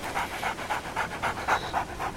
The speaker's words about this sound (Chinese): 头上的犬还在嗅来嗅去。